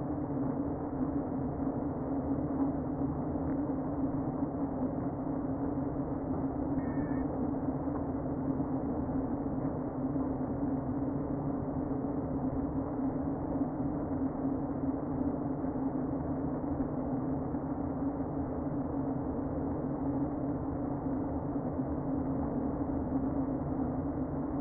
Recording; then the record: honeybee colony, microphone inside the hive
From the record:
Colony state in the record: queen present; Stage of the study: before two queens were removed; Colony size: about 60,000 bees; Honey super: yes